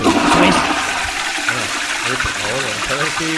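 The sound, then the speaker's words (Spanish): A toilet flushes with a loud, steady rush of water that fills the whole clip, while people talk over the noise in the background. “Por favor, a ver si mientras estamos hablando nadie va donde no tiene que ir, ¿eh?”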